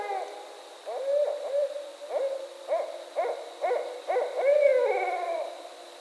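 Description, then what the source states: Barred owl hooting: a run of low, rhythmic hoots with short upslurred notes about every half second, swelling into a longer drawn-out hoot near the end. Recorded on 20 October 2010.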